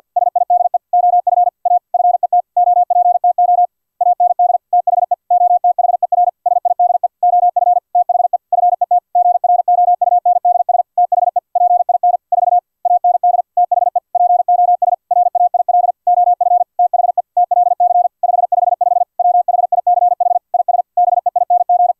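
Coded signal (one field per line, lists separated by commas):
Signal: Morse code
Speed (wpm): 50 wpm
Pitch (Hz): 710 Hz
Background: none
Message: SIDE OF A FET OPTO AND THE OTHER SIDE OF THE FET GROUNDS THE PIN 4 AND THE POS RAIL OF THE TLC 555 WHICH IS BEING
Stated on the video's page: TLC555 square-wave oscillator at 7.5 kHz, keyed through an H11F1 optoisolator by an iambic-paddle CW keyer and by FLdigi via serial RTS.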